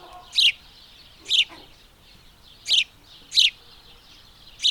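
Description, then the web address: House sparrow chirps: five loud notes at irregular intervals, over faint low background noise. "madarak enek PASDOM"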